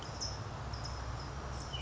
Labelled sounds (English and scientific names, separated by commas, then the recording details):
California Towhee (Melozone crissalis)
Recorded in Sonoma County, California